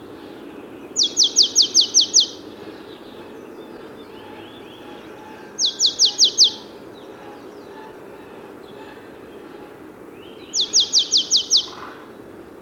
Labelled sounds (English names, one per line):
Marsh Tit song